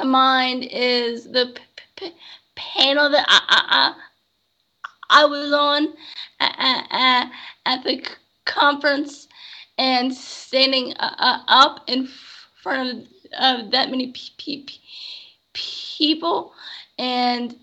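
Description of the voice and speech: An adult who stutters speaks in short, broken phrases with long silent gaps, stretched sounds, tense glottal catches before words like 'up', and repeated syllables and words ('of... of'). These blocks, prolongations and repetitions are typical of stuttering.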